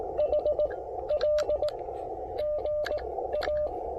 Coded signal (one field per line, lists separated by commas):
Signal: Morse code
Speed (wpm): 17 wpm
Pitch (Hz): 590 Hz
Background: radio noise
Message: HL GA